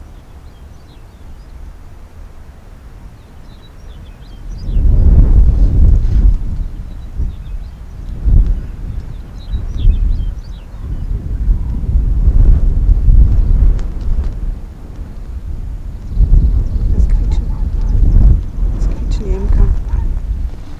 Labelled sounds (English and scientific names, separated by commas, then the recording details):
Arctic Fox (Vulpes lagopus)
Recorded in the wild
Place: Insel Mednyi, Kommandeur-Inseln, RU
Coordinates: 54.5167, 168.083
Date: 1999-07-17
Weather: 6°C, dichter Nebel, starker Südwestwind
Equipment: Sony WM-D6C, Sennheiser ME 80, K 30 AV, Windkorb, Kopie Sony TCD-D8
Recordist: Jakupi, Antje